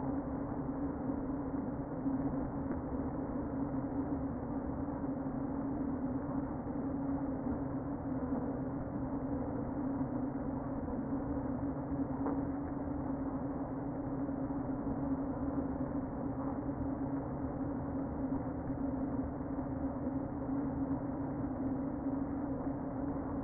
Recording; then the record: honeybee colony, microphone inside the hive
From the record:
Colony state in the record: queen present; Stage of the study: before two queens were removed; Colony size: about 60,000 bees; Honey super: yes